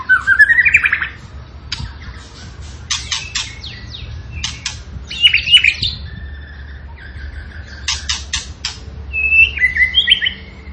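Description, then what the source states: Tembakan bird singing a rising whistled series, then groups of harsh rasps and quick warbled trills, repeated in uneven bursts. Energetic, full-voiced (gacor) singing used as a master training recording for cage birds.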